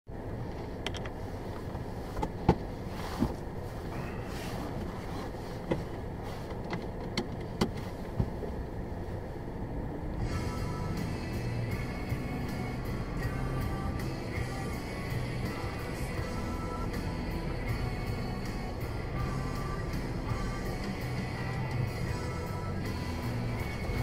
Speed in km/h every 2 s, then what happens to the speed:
0, 0, 0, 0, 0, 0, 2, 1, 1, 1, 1, 0.
0-24 standing.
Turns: none.